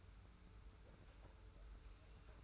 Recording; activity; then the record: daily activity, microphone in the room; take from stove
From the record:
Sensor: 2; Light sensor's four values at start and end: 35/103/40/39 and 35/103/40/39